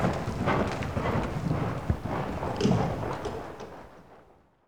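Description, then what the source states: Horse hooves thudding in an uneven rhythm, heavy low footfalls that grow quieter and fade away toward the end. One horse working in an indoor school.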